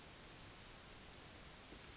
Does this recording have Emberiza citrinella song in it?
no